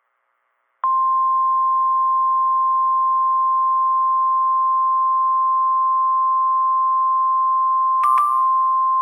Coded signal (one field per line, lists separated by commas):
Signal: Emergency Alert System (SAME) tones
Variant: 1050 Hz attention tone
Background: music